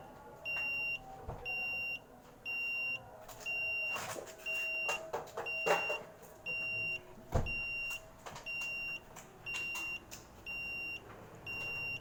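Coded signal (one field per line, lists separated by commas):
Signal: alarm pattern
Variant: vehicle reversing alarm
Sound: high steady beep repeating about once a second, roughly twelve beeps, over engine rumble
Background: vehicle engine noise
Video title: Beep sound like as vehicle reverse sound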